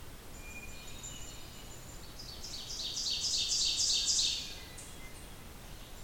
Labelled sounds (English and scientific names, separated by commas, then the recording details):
Ovenbird (Seiurus aurocapilla) song
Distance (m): 30 m
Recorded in boreal forest in Alberta, Canada, on 28 June 2016 at 08:16
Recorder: SongMeter 3, array SBT-6-79
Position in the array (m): 8 m, 126 m
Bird 40